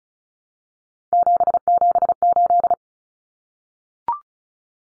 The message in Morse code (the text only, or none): 778